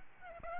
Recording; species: mosquito wingbeat signal from an infrared sensor; Aedes aegypti